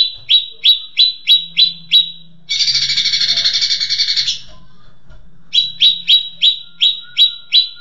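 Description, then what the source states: Leafbird song: rhythmic sharp chips, interrupted by a loud harsh buzzing burst, then the crisp chipping returns. Cucak ijo song in the tembakan cililinan style.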